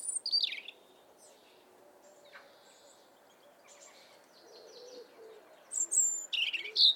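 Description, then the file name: European robin song phrases, thin and high with fast sliding notes, one at the opening and a denser tinkling phrase near the end, separated by quiet. "Erithacus rubecula"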